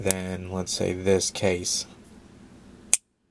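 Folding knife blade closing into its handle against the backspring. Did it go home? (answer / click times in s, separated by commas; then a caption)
yes / 2.9 s. Someone talks for about two seconds, then, after a quiet pause, the blade of a traditional slip joint pocket knife closes into its handle against the backspring. It snaps shut at 2.9 s with a sharp, short metallic ring, and the blade is fully closed.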